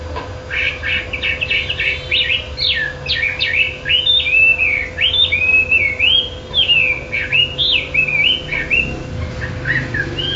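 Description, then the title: Bird song, a long run of sweeping whistled notes that rise and fall in a rapid warbling stream, over a steady low hum. "SuaraBurung Kicau6"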